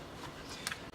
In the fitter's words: I'm going to take these here you'll hear them click okay